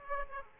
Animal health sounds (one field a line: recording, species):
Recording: mosquito wingbeat signal from an infrared sensor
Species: Aedes aegypti